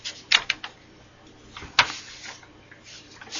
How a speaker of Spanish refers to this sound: Perdón, que corro las hojas.